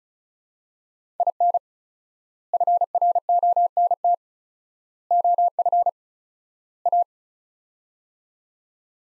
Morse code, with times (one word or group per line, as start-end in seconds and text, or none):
1.2-1.6 IN
2.5-4.1 FRONT
5.1-5.9 OF
6.9-7.0 A